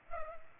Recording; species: mosquito wingbeat signal from an infrared sensor; Culex pipiens